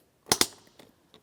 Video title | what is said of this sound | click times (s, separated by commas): How to Replace Power Seat Switch Knob 2007-2014 Ford Edge | Audible click from that. | 0.3 s, 0.4 s